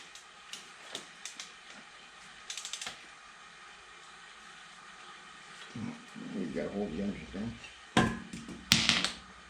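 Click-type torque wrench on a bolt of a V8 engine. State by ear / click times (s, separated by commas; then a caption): torque reached / 8.7 s. A click-type torque wrench set to about 36 lb is pulled on a head or rod bolt of a small-block 350 V8 for a 1979 Camaro 4-speed build while the engine is held steady. Someone talks over quieter ticks and handling noise before the wrench breaks over with one sharp click at 8.7 s, confirming the bolt reached its torque setting.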